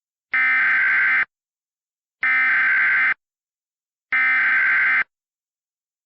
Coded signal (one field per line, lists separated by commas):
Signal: Emergency Alert System (SAME) tones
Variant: header bursts